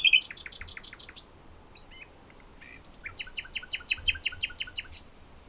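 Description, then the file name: Common nightingale song: two series of sharp, rapidly repeated notes separated by soft scattered chirps, over quiet background hiss. "Luscinia megarhynchos"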